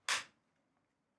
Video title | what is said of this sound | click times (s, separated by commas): SPAS-12 Assembly & Disassembly | But then after we do, everything can be slid back and it will automatically lock into place. | 0.1 s